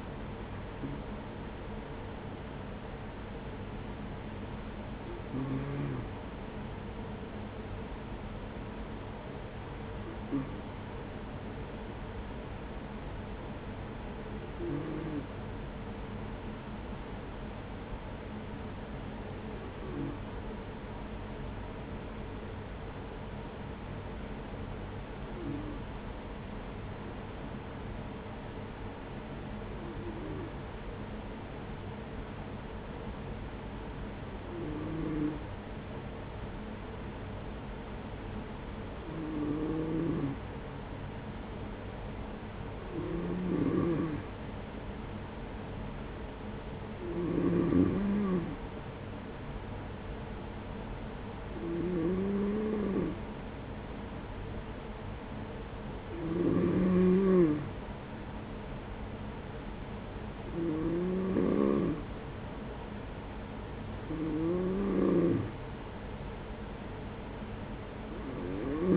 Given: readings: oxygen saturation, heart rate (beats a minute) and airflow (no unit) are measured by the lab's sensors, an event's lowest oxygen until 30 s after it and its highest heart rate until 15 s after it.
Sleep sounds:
breathing in sleep by a voice recorder at the bedside; 1
5.00-39.10 s: hypopnea (N2, oxygen 96% highest, then 91% lowest, heart rate 40 at the start, 45 highest)
From the record:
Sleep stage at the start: N2 (light sleep); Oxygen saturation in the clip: 92 to 96%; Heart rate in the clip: 40 to 46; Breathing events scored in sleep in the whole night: 210 in 6.9 hours asleep

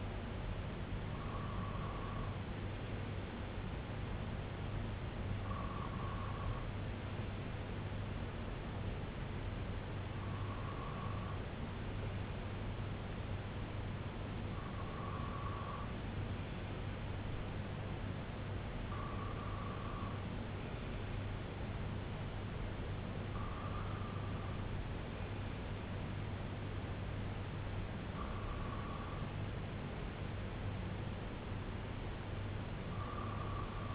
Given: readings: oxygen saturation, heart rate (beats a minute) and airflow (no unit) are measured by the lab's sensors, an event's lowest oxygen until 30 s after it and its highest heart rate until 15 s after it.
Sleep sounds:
breathing in sleep by a voice recorder at the bedside; none
none scored
From the record:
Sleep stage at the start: N2 (light sleep); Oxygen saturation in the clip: 92 to 95%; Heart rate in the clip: 63 to 73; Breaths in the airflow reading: 7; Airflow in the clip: -5.9 to 3.0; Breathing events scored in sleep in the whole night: 258 in 7.4 hours asleep

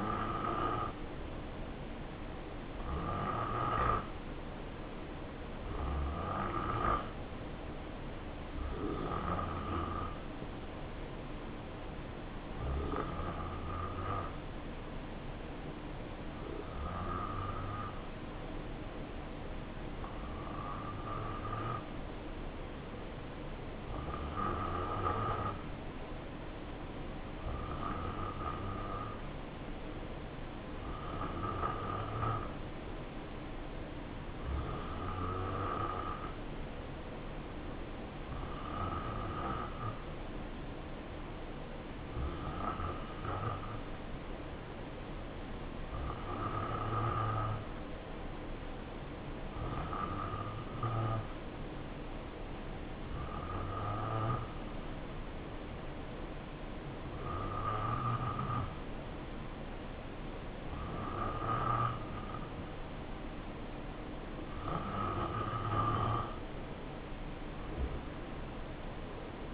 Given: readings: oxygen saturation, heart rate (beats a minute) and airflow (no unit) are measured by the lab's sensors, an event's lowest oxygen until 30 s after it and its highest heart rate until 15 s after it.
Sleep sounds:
breathing in sleep by a voice recorder at the bedside; 1
12.00-48.20 s: hypopnea (N2, oxygen 92% highest, then 88% lowest, heart rate 68 at the start, 72 highest)
From the record:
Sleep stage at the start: N2 (light sleep); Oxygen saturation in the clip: 87 to 92%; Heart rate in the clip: 62 to 76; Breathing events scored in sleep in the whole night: 277 in 7.4 hours asleep

